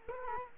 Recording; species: mosquito wingbeat signal from an infrared sensor; Culex quinquefasciatus